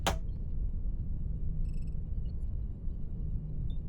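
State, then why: Seated. A plastic brick nacelle of the LEGO 10356 Star Trek USS Enterprise 1701-D model is slid onto the clips at the top of the pylon until it snaps in with a sharp, satisfying click at 0.1 s. A low background hum follows, with a faint tick near 3.7 s. The nacelle is seated on the pylon.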